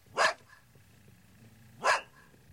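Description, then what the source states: Dog barking, two loud single barks about one and a half seconds apart, with low background rumble between. Large dog.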